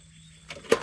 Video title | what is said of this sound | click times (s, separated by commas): True Review: Gosun Fusion | pop that guy open so that one still locks in place. | 0.7 s